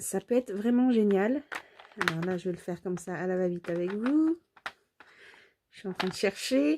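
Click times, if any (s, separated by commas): none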